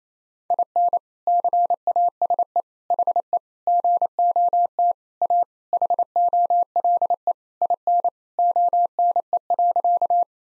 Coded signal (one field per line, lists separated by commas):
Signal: Morse code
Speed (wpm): 28 wpm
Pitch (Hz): 700 Hz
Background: none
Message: IN CASE HE GOT A HOLE IN ONE.